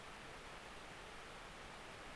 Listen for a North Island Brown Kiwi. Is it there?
no